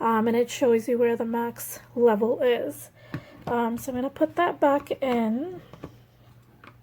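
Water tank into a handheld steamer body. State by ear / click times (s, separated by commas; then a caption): not seated / none. Someone talks while handling the removable plastic water reservoir of a handheld garment steamer after refilling it, about to push it back into the steamer body. Two faint, brief taps follow near the end, at about 5.8 and 6.6 seconds. Nothing has seated or clicked into place yet.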